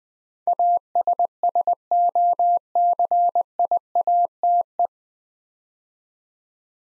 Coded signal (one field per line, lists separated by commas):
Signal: Morse code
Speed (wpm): 20 wpm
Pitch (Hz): 700 Hz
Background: none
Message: ASSOCIATE